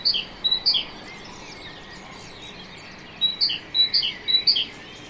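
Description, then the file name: Great tit singing two short bouts of high-then-low two-note phrases, separated by a quiet gap of about two seconds, with background hiss. "Parus major"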